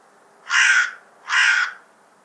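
Bird giving two loud, hoarse caws.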